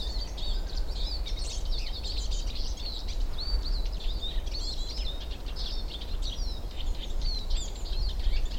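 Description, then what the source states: Eurasian siskin twitters continuously, many quick high chirps and slurred notes over a constant low rumble. Several siskins about 10 metres away, up in spruces, foraging and very active, flying quickly between spots; spring forest, end of March.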